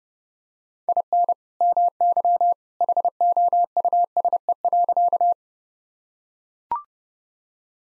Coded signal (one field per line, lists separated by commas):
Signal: Morse code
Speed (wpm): 32 wpm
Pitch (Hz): 700 Hz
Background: none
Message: IN MY HOUSE.